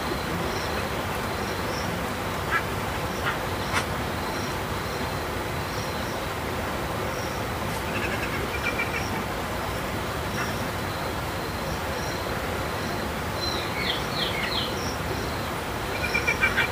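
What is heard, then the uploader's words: An outdoor recording near Simonga, Zambia: a steady, dense rushing hiss fills the whole clip. Thin, high bird chirps and short duck-like calls come every few seconds, with a few sharp clicks early on and a quick run of falling chirps around fourteen seconds. Morning on the Zambezi River. Recorded near Simonga, Zambia.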